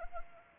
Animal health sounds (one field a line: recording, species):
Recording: mosquito wingbeat signal from an infrared sensor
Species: Anopheles arabiensis